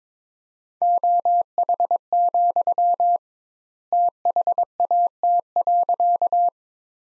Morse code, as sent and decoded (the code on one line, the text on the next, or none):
--- .... --..-- / - .... .- - .-.-.-
OH, THAT.